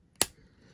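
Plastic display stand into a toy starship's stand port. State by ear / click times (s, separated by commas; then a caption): seated / 0.2 s. A translucent plastic display stand is pushed into the port on the underside of a Hot Wheels Star Wars Havoc Marauder toy starship, with a faint tick just before a single sharp click at 0.2 s. The stand seats firmly in the port and the ship is ready for display.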